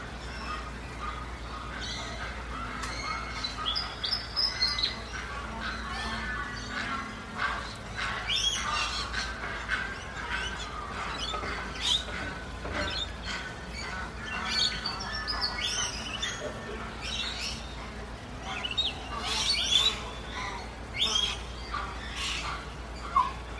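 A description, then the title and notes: Dense, overlapping bird chirps and calls fill the air continuously, with a soft steady rustle and a faint low hum underneath throughout. ASMR Calming and Relaxing Nature Sounds During Dawn.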